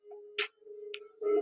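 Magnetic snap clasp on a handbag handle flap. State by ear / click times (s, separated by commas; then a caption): seated / 0.4 s. The magnetic snap clasp on the handle flap of a leather handbag closes and locks in place with a sharp snap at 0.4 s. A fainter tick follows at 0.9 s, and a louder, broader sound starts at about 1.2 s, all over a steady low tone that runs through the clip.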